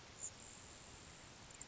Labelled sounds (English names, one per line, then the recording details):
Grasshopper Sparrow
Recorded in Sonoma County, California